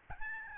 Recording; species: mosquito wingbeat signal from an infrared sensor; Aedes albopictus